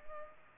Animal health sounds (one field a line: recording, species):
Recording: mosquito wingbeat signal from an infrared sensor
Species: Culex pipiens